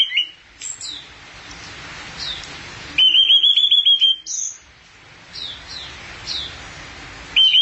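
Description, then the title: Thrush song with a loud rapid trill in the middle, framed by softer whistled notes and chirps. "burung anis x"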